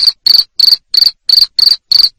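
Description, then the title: Cricket chirp series: seven short, rasping high-pitched pulses, each a rapid little trill, evenly spaced over two seconds. Loud cricket chirping used to stimulate lovebirds to sing continuously (ngekek). "Suara JANGKRIK NGERIK Keras Bikin LOVEBIRD Jadi NGEKEK Terus Vubey"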